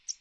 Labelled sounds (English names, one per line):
American Redstart flight call